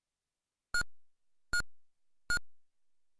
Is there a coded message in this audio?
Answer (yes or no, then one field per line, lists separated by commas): no